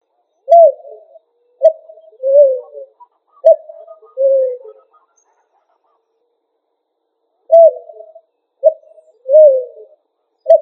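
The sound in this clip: Pigeon cooing, low phrases of a short sharp note followed by a longer falling coo, given in bursts with a silent pause midway.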